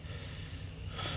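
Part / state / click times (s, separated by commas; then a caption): brake pad clip into caliper bracket / not seated / none. A metal brake pad clip is pushed into a caliper bracket but is not lined up. Only a low, steady rumble and broadband noise are heard, with no sharp snap. Nothing has clicked into place yet, and the clip did not seat.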